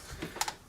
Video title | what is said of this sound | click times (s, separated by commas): ported head assembly pre install | to where I can get the, oh, hear the click. | 0.4 s, 0.5 s